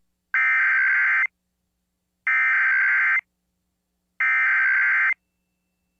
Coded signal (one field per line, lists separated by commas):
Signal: Emergency Alert System (SAME) tones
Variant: header bursts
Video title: EAS Child Abduction Emergency (AMBER Alert) Denver, Colorado Statewide Alert